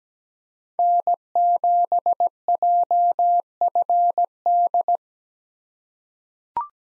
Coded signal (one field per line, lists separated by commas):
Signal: Morse code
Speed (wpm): 17 wpm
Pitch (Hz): 700 Hz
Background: none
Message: N7JFD